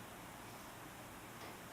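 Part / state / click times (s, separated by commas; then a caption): SD card adapter into card reader SD slot / not seated / none. A microSD-to-SD adapter is held at the SD slot of a CLWHJ USB card reader with standard and micro USB connectors while its orientation is found before sliding it in. Only a steady, even hiss is heard, with no distinct sounds. Nothing has seated or clicked yet.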